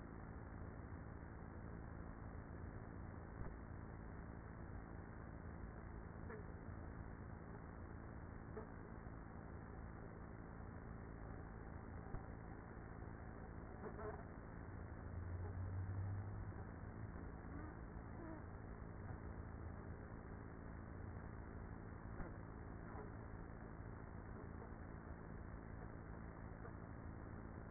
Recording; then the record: honeybee colony, microphone inside the hive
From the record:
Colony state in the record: queenless with a low population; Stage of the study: after two queens were removed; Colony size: about 30,000 bees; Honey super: no